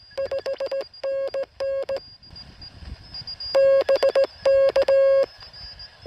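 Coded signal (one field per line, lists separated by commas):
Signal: Morse code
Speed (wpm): 17 wpm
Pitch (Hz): 540 Hz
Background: none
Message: 5NN BK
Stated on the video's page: QRP CW outing on a local hill, not a summit activation.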